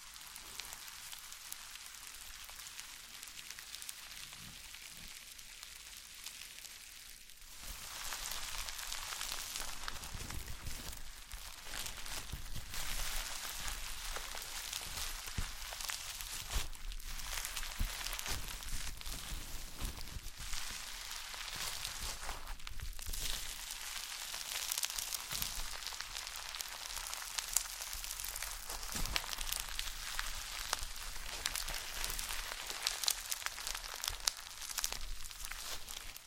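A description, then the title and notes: Slime being squished and worked, giving a dense wet crackle full of tiny pops and clicks. It starts quieter, then grows louder and busier at about seven seconds, with irregular squelches and sharper snaps scattered throughout until the end. ASMR SLIME No Talking Satisfying slime Sounds.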